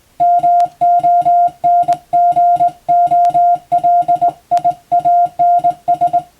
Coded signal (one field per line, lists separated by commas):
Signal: Morse code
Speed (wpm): 21 wpm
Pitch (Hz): 700 Hz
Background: music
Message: MONGOLIANS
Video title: 【Radio Officer morse practice】This is a Morse code practice video. There is a morse exam in japan.